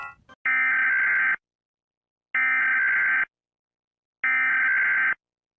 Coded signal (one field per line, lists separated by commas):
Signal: Emergency Alert System (SAME) tones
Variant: header bursts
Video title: Rating EAS alarms from Different Countries #shorts #EAS